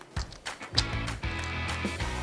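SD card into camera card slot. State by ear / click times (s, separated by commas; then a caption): seated / 0.8 s. An SD memory card is pushed into the spring-loaded card slot in the bottom compartment of a Sony ZV-E10 camera, with music playing underneath. A sharp click is heard at 0.8 s, meaning the card is seated and inserted.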